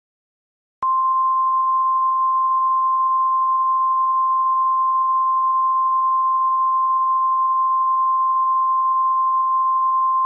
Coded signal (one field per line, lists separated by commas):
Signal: Emergency Alert System (SAME) tones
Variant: 1050 Hz attention tone